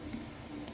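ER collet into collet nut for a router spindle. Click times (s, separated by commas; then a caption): 0.7 s. A steel ER collet is tilted sideways into a steel collet nut for the spindle of a Tormach xsTECH CNC router, then pressed down with the fingers. A faint tick at 0.1 s is followed by a sharp, brief snap at 0.7 s as the collet seats in the nut.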